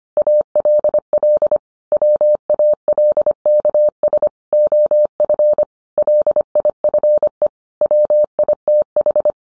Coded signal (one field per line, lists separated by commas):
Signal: Morse code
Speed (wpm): 25 wpm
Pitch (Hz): 600 Hz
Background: none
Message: ALL WALKS OF LIFE WITH